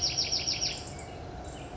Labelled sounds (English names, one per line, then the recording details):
Bewick's Wren
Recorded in Sonoma County, California